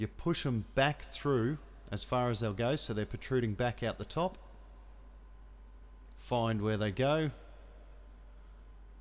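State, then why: Not seated. Plastic push clips are handled and lined up with their spots in the headlight fairing panels of a 2025 Honda CB750 Hornet while a genuine Honda meter visor is being fitted. Someone talks in two stretches, with a quiet pause between them. Nothing has seated or clicked yet.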